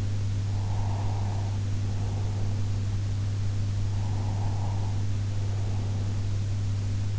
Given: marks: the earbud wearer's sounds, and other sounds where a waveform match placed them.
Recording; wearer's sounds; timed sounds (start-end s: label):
sounds in sleep by an in-ear microphone; breath
0.31-2.88 s: breath
3.99-6.59 s: breath